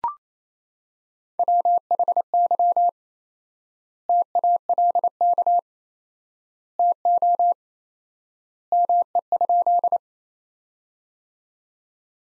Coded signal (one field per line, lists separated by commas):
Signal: Morse code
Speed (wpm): 28 wpm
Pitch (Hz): 700 Hz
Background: none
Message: WHY TALK TO ME?